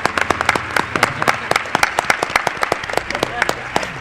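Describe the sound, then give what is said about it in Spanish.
Applause from a group for a member of the Milenio 3 radio programme team, many quick, sharp claps at an irregular, overlapping rhythm, fairly loud and steady for a few seconds, with faint voices murmuring underneath. “Un aplauso para una de las almas de Milenio 3.”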